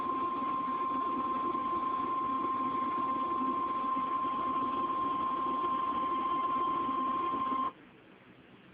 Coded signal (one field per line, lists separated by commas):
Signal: Emergency Alert System (SAME) tones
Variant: 1050 Hz attention tone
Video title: my EAS alerts from #3 to #11 Severe Thunderstorm Warning